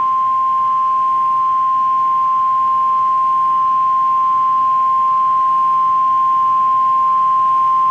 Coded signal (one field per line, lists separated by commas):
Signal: Emergency Alert System (SAME) tones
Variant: 1050 Hz attention tone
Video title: NOAA Weather Radio - Weekly EAS Test - 2/24/16